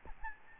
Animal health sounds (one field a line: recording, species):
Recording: mosquito wingbeat signal from an infrared sensor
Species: Aedes albopictus